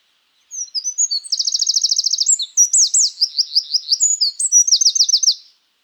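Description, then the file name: Eurasian wren song, a rapid, shrill outpouring of piercing notes and machine-gun trills, delivered in one continuous five-second phrase. "Troglodytes troglodytes"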